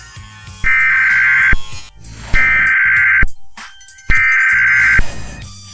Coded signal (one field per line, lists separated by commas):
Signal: Emergency Alert System (SAME) tones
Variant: header bursts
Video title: E.A.S.🔴EMERGENCY BROADCAST ALERT ! Oct 4th Everyone Received This Notification / LIVE Going Over EAS